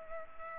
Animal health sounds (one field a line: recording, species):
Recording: mosquito wingbeat signal from an infrared sensor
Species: Culex pipiens